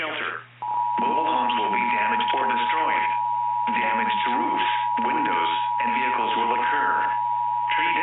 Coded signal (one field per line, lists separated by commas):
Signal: Emergency Alert System (SAME) tones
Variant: 853 and 960 Hz attention tone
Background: speech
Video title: EAS Recreations: A Timeline of the 4/11/24 Florida Outbreak (TBW)